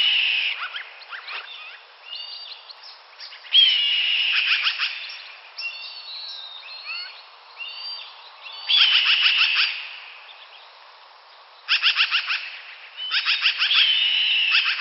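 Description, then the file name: Magpie chattering in rapid dry rattles, with drawn-out harsh screeches mixed in, in a busy uneven sequence. "Hawk Magpie"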